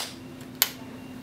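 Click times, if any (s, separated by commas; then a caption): 0.6 s. A plastic screen bezel is pressed back onto the display lid of an Acer 5552-3104 laptop while the back of the monitor is held. A single sharp, bright snap rings out at 0.6 s over a quiet, steady low hum. The bezel snaps into place and is seated.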